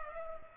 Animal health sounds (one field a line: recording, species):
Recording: mosquito wingbeat signal from an infrared sensor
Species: Culex pipiens